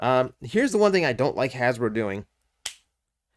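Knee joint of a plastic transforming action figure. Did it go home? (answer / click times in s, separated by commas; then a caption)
yes / 2.7 s. Someone talks, then the knee joint of a plastic transforming action figure (a Studio Series Transformers One Megatron) is bent and gives a single sharp click at 2.7 s as it seats into its transformation lock position. The knee detent is there to give the vehicle mode stability.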